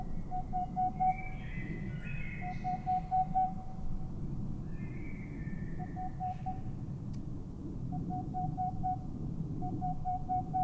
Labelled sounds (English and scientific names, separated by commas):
Boreal Owl (Aegolius funereus)